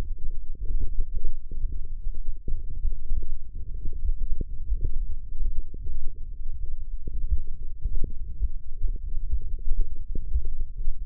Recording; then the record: forearm muscle sounds (acoustic myography)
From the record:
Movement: hand opening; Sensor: system 1, eight BSWA MPA416 microphones around the upper forearm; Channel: 6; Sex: male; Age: 23 years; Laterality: right